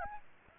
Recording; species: mosquito wingbeat signal from an infrared sensor; Aedes aegypti